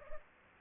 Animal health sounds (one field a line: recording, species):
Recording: mosquito wingbeat signal from an infrared sensor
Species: Culex pipiens